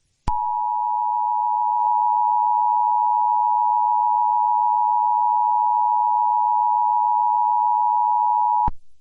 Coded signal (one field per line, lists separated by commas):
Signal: Emergency Alert System (SAME) tones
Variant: 853 and 960 Hz attention tone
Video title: Mini EAS Scenario. The Intruder Part 2